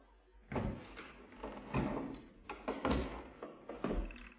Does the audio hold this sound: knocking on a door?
yes